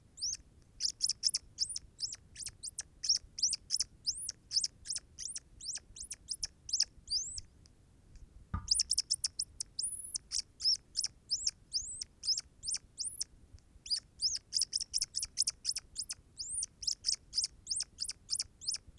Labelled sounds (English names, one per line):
Hazel Dormouse